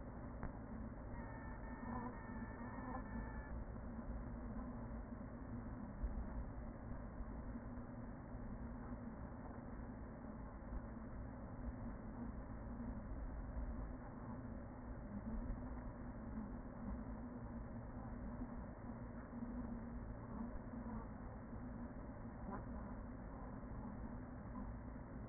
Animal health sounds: honeybee colony, microphone inside the hive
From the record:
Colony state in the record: queen present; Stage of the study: after two queens were removed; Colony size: about 40,000 bees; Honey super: no

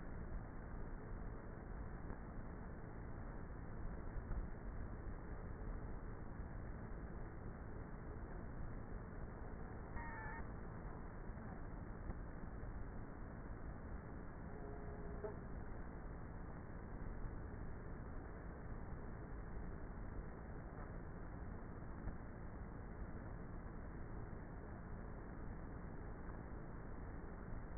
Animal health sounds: honeybee colony, microphone inside the hive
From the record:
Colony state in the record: queenless with a low population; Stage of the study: before two queens were removed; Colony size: about 30,000 bees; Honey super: no

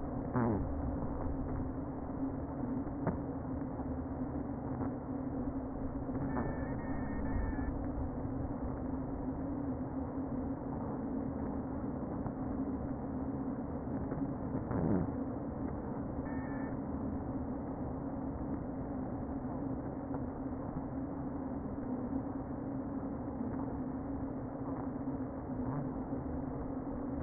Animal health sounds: honeybee colony, microphone inside the hive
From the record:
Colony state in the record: queen present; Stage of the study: before two queens were removed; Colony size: about 60,000 bees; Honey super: yes

